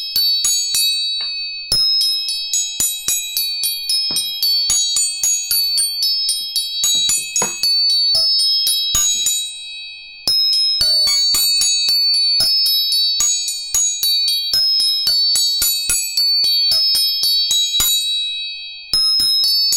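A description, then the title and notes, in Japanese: Tuning forks are struck again and again, leaving bright, pure metallic tones that ring steadily and overlap into a shimmering, bell-like wash. Taps come in quick clusters, with brief near-silent breaks around two, ten and nineteen seconds before the ringing resumes. 音叉チューニング全体性。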